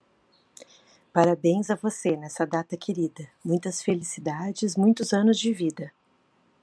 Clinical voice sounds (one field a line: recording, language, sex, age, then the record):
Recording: short text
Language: Brazilian Portuguese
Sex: female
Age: 50 to 59 years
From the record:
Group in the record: control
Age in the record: 50 years